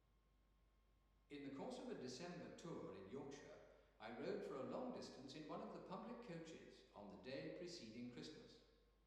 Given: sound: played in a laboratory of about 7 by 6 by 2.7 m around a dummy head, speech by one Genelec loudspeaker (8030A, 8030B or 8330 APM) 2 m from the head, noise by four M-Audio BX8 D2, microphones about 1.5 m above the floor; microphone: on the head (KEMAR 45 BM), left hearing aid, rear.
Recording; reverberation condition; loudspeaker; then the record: male speech in English; high; 150 degrees to the left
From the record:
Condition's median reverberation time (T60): about 1300 ms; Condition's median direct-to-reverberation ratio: about -4.0 dB